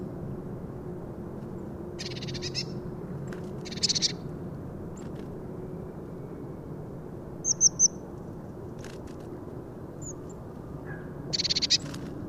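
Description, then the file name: Eurasian blue tit calls: a few harsh, buzzy scolding bursts, plus a quick run of three high thin notes midway, over steady low background rumble. "Cyanistes caeruleus"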